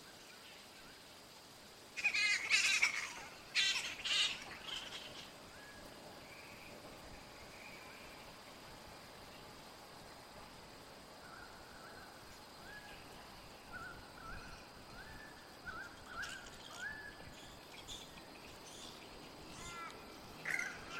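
Grey-headed flying foxes chatter in bursts of sharp, scratchy squabbling, loudest around two to five seconds in and again near the end. Between bursts, softer chirps and short calls come and go over a steady faint hiss.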